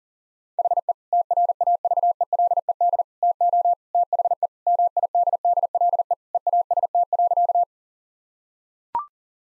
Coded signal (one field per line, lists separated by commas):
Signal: Morse code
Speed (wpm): 40 wpm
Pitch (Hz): 700 Hz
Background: none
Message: HE TRAVELED TO THE MIDDLE EAST.